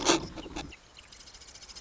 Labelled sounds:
Marsh Wren
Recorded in Sonoma County, California

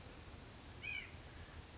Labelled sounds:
White-breasted Nuthatch
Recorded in Sonoma County, California

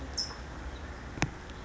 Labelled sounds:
California Towhee
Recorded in Sonoma County, California

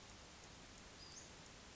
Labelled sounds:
Western Flycatcher
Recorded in Sonoma County, California

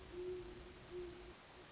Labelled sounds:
Great Horned Owl
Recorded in Sonoma County, California

